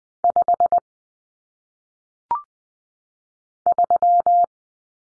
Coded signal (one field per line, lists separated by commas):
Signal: Morse code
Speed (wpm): 20 wpm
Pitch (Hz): 700 Hz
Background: none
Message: 5 3